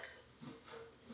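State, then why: Not seated. The metal seat post of a Merach S26 stationary exercise bike is slid through the bike frame to a new height after its knob has been loosened. Only faint handling and sliding sounds are heard, with a few soft low bumps. Nothing has seated or clicked into a height hole yet.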